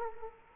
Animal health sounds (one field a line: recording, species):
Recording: mosquito wingbeat signal from an infrared sensor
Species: Culex quinquefasciatus